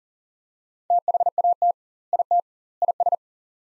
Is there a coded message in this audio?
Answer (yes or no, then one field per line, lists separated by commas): yes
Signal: Morse code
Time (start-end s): 0.9-3.2 s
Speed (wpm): 37 wpm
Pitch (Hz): 700 Hz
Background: none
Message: THAT IT IS